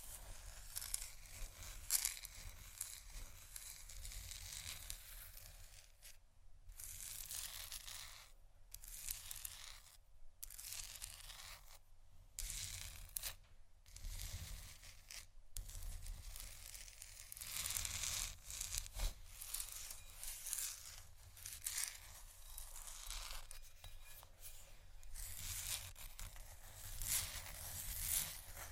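Close-up scratching runs almost nonstop, a dense, bright, crackling rasp made of quick strokes. Short pauses break it up around 6, 8, 10, 12 and 15 seconds before the steady scratching resumes, with a faint low hum underneath throughout.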